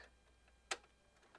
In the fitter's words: you hear that click that's good that's what you want